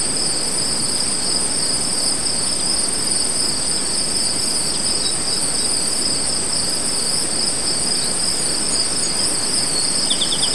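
Steady, unbroken cricket trilling in two high pitched bands over dense background hiss, with a brief faint chirp series near the end.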